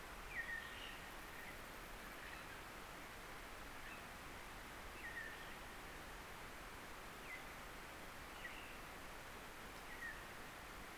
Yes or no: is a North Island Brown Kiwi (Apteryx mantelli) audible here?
no